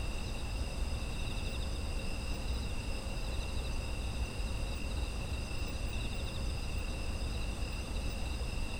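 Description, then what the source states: Insects keep up a steady high-pitched trilling chorus, multiple pitches stacked, with gentle pulsing in one band and low rumbling noise beneath. Autumn insect ambience.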